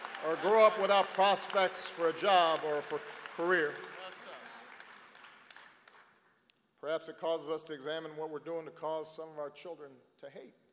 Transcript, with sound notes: or grow up without prospects for a job or for a career. (Applause.) Perhaps it causes us to examine what we’re doing to cause some of our children to hate.